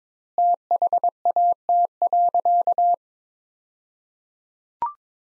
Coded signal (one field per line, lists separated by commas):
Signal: Morse code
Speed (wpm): 22 wpm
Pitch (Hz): 700 Hz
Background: none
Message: THAT.